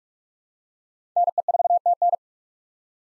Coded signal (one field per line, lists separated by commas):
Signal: Morse code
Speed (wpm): 46 wpm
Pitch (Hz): 700 Hz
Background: none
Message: NE4TN